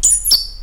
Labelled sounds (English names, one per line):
Stitchbird song